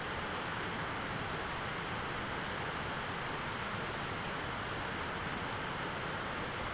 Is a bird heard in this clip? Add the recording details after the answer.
no. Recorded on Arctic tundra, site ZACK-1, on 13 June 2019. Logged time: 03:49